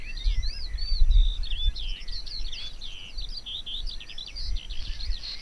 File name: Alauda arvensis